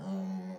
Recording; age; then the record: pig call; piglet (1 to 25 days)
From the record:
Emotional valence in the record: negative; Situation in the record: long isolation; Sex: female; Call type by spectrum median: low-frequency call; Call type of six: low-frequency modulated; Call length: 0.58 s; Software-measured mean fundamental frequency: 47 Hz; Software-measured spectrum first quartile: 189 Hz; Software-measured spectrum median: 236 Hz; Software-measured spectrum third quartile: 580 Hz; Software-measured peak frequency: 190 Hz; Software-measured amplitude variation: 64 dB a second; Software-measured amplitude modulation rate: 14.6 a second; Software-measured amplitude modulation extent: 4.4 dB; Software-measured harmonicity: 12.3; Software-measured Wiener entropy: -0.70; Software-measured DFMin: 927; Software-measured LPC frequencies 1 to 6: 1914, 3052, 4444, 5606, 6053, 6744 Hz